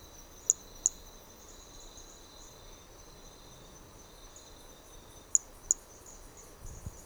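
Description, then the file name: Hermogenes' flea-toad: brachycephalus hermogenesi toadlet: two pairs of sharp, very high clicks, early and late, over steady high insect buzzing. Individual number 4 recorded on Trilha do Ipiranga; the first four notes of the call were lost. "MHNCI Brachy hermogenesi Trilha do Ipiranga ind 4 four starting notes lost"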